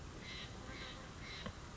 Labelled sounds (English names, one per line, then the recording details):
Steller's Jay
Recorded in Sonoma County, California